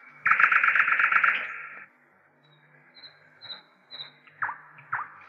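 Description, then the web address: Nightingale song opening with a dense, loud, buzzy trill, then a pause, followed by soft high whistled notes and a few sharp downward notes. "slowik spiew slowika"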